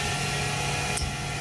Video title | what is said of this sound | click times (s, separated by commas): Toyota Camry 2022 install | A little bit of resistance there, but once it snaps into place, it's good and tight. | 1.0 s